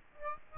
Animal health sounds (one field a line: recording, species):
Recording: mosquito wingbeat signal from an infrared sensor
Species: Aedes aegypti